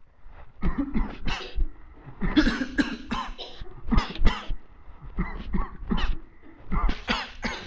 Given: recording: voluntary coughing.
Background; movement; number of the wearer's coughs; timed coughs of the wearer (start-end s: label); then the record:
a bystander coughing; walking; 15
0.61-0.92 s: cough
0.92-1.18 s: cough
1.18-1.54 s: cough
2.19-2.46 s: cough
2.46-2.73 s: cough
2.76-3.02 s: cough
3.02-3.33 s: cough
3.89-4.18 s: cough
4.24-4.62 s: cough
5.16-5.51 s: cough
5.51-5.88 s: cough
5.88-6.16 s: cough
6.69-6.96 s: cough
7.06-7.30 s: cough
7.42-7.64 s: cough
From the record:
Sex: male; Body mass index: 21.0 kg/m2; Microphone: on the chest, facing the body